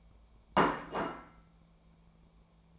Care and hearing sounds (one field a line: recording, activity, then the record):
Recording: daily activity, microphone in the room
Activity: place plate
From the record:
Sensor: 1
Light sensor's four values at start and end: 28/71/30/36 and 28/71/30/36